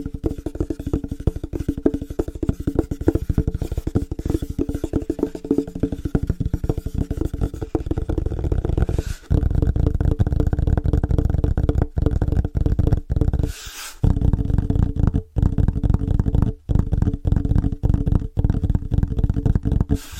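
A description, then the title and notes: Quick, rhythmic tapping on different surfaces, dense, with low, hollow thumps and a faint scratchy edge. The taps run almost continuously with only brief pauses, most noticeably near nine and fourteen seconds. ASMR Fast & Rhythmic Tapping On Different Surfaces (No Talking).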